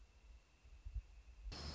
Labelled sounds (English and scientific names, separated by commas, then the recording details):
Northern Flicker (Colaptes auratus)
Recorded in Sonoma County, California